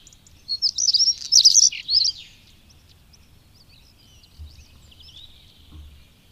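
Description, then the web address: European stonechat delivering a brief scratchy, twittering phrase of quick high notes, followed by quiet with a few faint chirps. "Madardalok Cigánycsuk"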